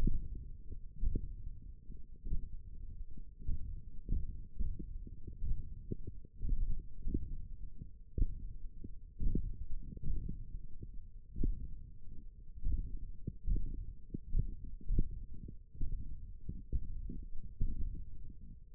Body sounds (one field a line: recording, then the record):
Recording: forearm muscle sounds (acoustic myography)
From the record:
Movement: index flexion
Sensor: system 1, eight BSWA MPA416 microphones around the upper forearm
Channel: 4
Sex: male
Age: 21 years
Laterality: right